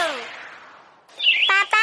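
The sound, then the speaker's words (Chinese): A bird chirps in bright, high tweets in an advertisement for the car rental firm 和运租车. An opening call slides downward and fades, then a quick cluster of sharp chirps follows with two short, loud harmonic tweets near the end. “小鸟在说什么？”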